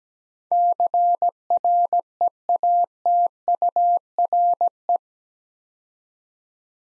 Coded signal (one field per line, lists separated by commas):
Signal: Morse code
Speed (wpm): 17 wpm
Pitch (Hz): 700 Hz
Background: none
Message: CREATURE